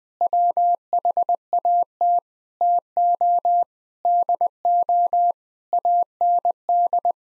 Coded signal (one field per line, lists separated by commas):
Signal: Morse code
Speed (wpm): 20 wpm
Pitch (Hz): 700 Hz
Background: none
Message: WHAT TO DO AND